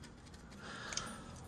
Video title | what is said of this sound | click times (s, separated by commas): K1200LT Spark Plug Replacement | these on individually until you'll hear it kind of snap in. You'll hear it. | 1.0 s